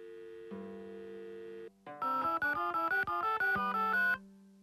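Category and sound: signal or alarm, telephone tone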